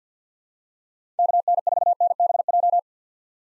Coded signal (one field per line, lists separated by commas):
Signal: Morse code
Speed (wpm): 50 wpm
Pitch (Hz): 700 Hz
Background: none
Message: KN4NBJ